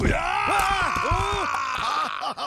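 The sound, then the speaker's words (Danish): A loud, sustained monstrous roar bellowed by a voice doing the Waternoose jump and roar in a Danish dub of Monsters, Inc. The roar is rough and growling with a wavering pitch, lasting a couple of seconds before a brief dip and a final snarl. “Jeg lægger ud med det gode gamle Waternoose hop og brøl.”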